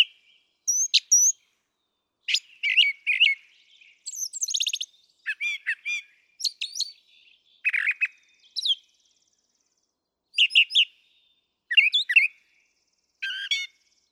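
Brown Thrasher song: loud, crisp phrases separated by clear pauses, each a cluster of sharp chips and slurred whistles, often doubled.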